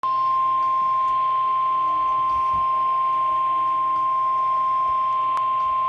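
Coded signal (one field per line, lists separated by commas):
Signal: Emergency Alert System (SAME) tones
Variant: 1050 Hz attention tone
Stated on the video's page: Severe thunderstorm warning received on weather radio.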